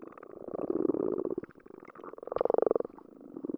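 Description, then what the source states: Frogs giving rapid pulsed rattles underwater, louder bursts separated by quieter stretches, each a fast train of ticks. Frogs recorded underwater with a hydrophone.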